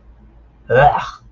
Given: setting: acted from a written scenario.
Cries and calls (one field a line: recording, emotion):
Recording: vocal sound without words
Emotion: disgust